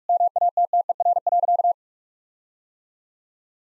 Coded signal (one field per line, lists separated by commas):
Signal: Morse code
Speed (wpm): 43 wpm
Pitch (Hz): 700 Hz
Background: none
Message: MATTER.